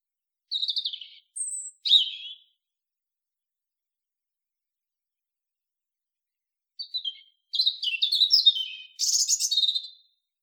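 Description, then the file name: European robin singing two short bursts of high, thin warbled notes with scratchy twitters, separated by several seconds of silence; no other sounds. "Erithacus rubecula"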